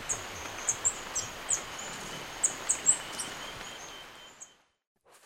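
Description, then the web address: Golden-eyed flowerpiercer singing a series of high, thin, sharp notes, some doubled, before the sound abruptly drops away and a brief burst of noise ends it. Ecuador. "Birds of Ecuador Golden-eyed Flowerpiercer"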